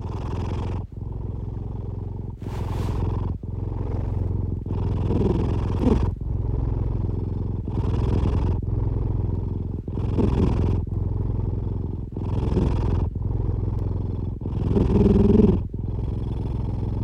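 Snoring of a domestic brown tabby cat, with repeated low-pitched rumbling breaths, recorded at home during daily life.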